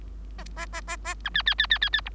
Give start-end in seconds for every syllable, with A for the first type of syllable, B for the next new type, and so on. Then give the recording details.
0.38-0.44 A, 0.56-0.66 A, 0.72-0.81 A, 0.87-0.96 A, 1.04-1.15 A, 1.24-1.29 B, 1.34-1.43 C, 1.46-1.55 C, 1.58-1.67 C, 1.70-1.78 C, 1.81-1.90 C, 1.93-2.01 C, 2.05-2.09 D. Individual Bird3